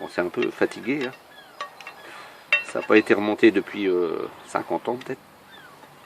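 Someone talks while working the action of an old, somewhat worn metal break-action shotgun that has not been reassembled in about 50 years, with the barrel being brought toward the action to latch. Light metallic taps and handling noises sit under the speech, with a sharper knock near 2.5 s. The clip ends before the barrel latches: nothing has seated or clicked home yet.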